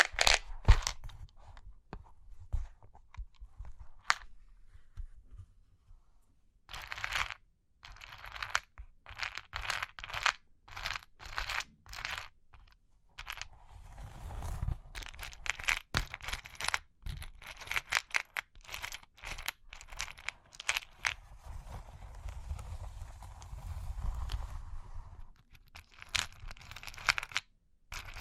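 Cork and wood are tapped, scratched and traced in short, irregular bursts. The sounds are dry and brittle, like crinkling or tearing, sparse in the first seconds and then busier and nearly continuous from about 13 seconds on, with a soft low rumble underneath.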